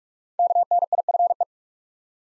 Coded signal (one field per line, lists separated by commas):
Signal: Morse code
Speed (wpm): 46 wpm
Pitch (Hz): 700 Hz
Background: none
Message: KNIFE